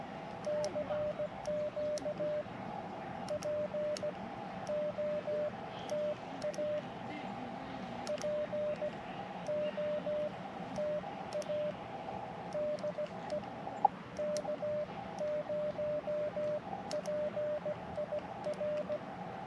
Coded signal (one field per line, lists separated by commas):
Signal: Morse code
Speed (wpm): 17 wpm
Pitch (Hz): 600 Hz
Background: radio noise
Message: CQ POTA POTA DE K0PIR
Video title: Best Portable Ham Radios for Camping and POTA